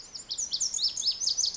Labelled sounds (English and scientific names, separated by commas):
Pacific Wren (Troglodytes pacificus)